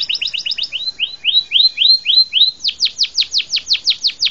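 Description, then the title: Bird song: a fast run of high twittering notes, then a series of slurred whistles, ending in many rapid repeated downward-sweeping notes. "LuckyKumpulan SuaraBurung"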